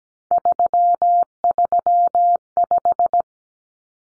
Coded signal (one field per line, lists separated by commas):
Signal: Morse code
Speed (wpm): 17 wpm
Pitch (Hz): 700 Hz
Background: none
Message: 335